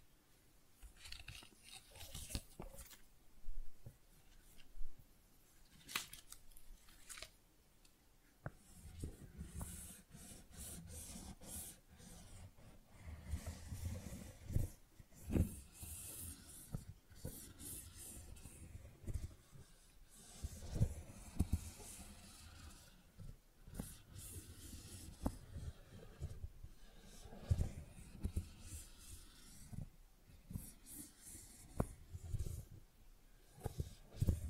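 Tingly flower sounds: soft, dense crinkling and rustling as petals and stems are handled, with frequent sharp little snaps and crisp ticks throughout. From about eight seconds a low, rumbling handling noise joins in and continues under the crackling to the end.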